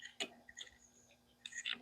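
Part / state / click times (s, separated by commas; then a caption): wiper blade latch onto J-hook wiper arm / not seated / none. A wiper blade adapter is handled on the J-hook wiper arm of a 2012 Mazda 6 as the latch cover is being closed, giving light plastic ticks and rustles with a faint steady hum underneath. A sharp tick comes near 0.2 s and a busier cluster of handling noise follows around 1.5–1.7 s. Nothing has seated or clicked yet.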